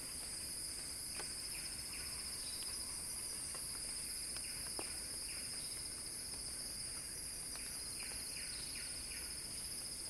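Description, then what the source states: Cicada giving even, high-pitched buzzing in stacked bands, with a fast pulsed ripple and quiet short falling chirps in the background. Cicadas singing in a crescendo.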